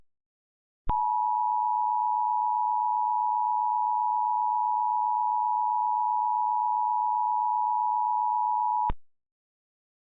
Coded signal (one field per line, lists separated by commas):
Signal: Emergency Alert System (SAME) tones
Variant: 853 and 960 Hz attention tone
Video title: EAS Mock: Asbestos Gaming (Requested)